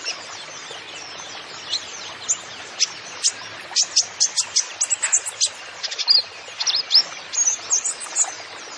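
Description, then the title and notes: Kolibri ninja singing thin, high chips that start scattered, then speed into tight clusters and twittering runs. Masteran training recording for songbirds, song full of isian (fill-in phrases) and tembakan (rapid shot notes), bird described as gacor (singing vigorously), meant as pancingan to lure other birds into singing. "MASTERAN KOLIBRI NINJA TERBAIK FULL ISIAN DAN TEMBAKAN MEWAH COCOK BUAT PANCINGAN. Suara Burung Kolibri Ninja Gacor"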